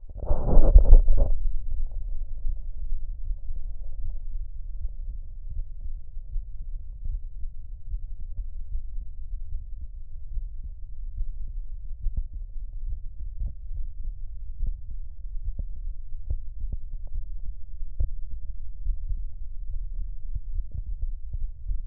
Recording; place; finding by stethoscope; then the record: heart sounds by stethoscope; tricuspid valve (TV); normal heart sounds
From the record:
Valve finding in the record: normal valve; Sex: male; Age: 47 years